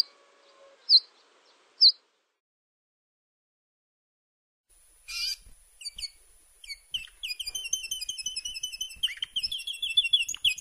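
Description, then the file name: Canary song: a few sharp separate chirps at first, then after a pause a burst of buzz and quick twittering that builds into steady rapid trilled song. "Canary Voice"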